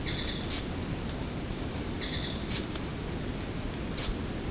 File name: Stumpffia gimmeli